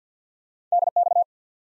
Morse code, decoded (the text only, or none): DX